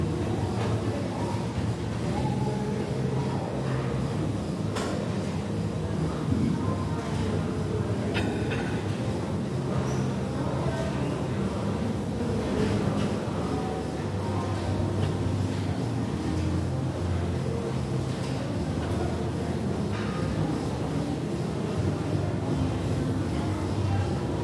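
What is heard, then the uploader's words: Gym ambience fills the recording with a steady, dense low rumble and whooshing that never lets up, much like a running treadmill. Brief metallic clinks and knocks of weights cut through now and then, around 5, 8 and 20 seconds. Iron Beats and Treadmill Rythm - Energizing and Soothing Ambiance of a Gym. Weight clinks and treadmill swooshes create a unique ambience, offering a sense of calm amidst the hustle.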